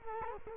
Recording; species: mosquito wingbeat signal from an infrared sensor; Culex quinquefasciatus